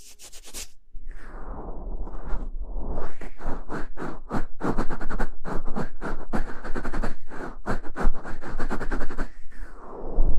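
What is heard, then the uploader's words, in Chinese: Gloved, stockinged hands rub and stroke in a massage, quick scratchy brushing strokes coming in dense bursts over a steady low rumble. 黑白双丝丝袜手套按摩。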